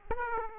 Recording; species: mosquito wingbeat signal from an infrared sensor; Aedes aegypti